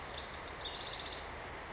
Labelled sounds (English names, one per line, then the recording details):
House Wren
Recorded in Sonoma County, California